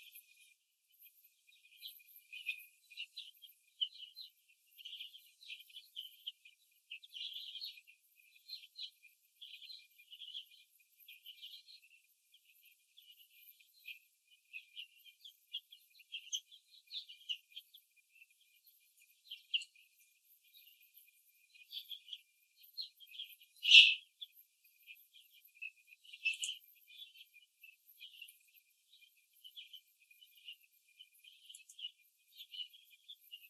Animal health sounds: young laying hens in a cage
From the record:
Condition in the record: before the stressor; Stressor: simulated dog barking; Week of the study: 2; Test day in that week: 3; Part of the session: 2

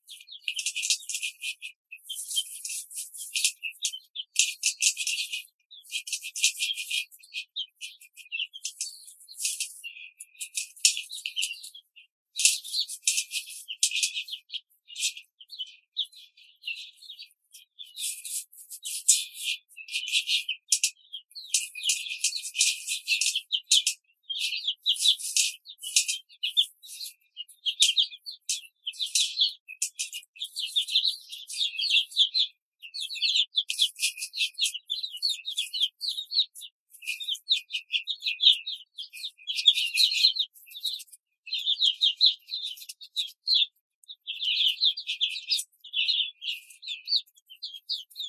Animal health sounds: young laying hens in a cage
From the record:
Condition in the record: control cage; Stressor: none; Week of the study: 5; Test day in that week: 1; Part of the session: 3

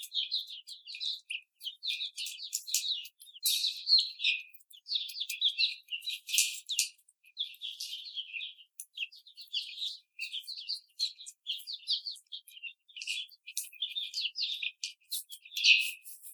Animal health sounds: young laying hens in a cage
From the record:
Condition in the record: after the stressor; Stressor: simulated dog barking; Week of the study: 4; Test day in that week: 2

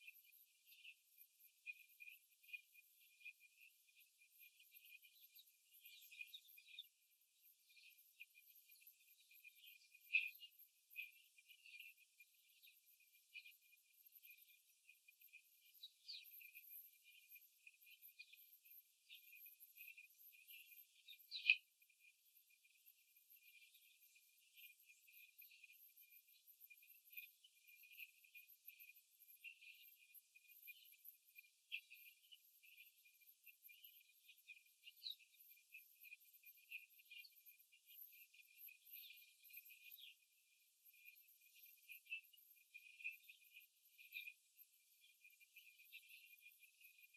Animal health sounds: young laying hens in a cage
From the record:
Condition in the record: after the stressor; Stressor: simulated dog barking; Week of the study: 3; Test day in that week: 2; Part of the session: 3

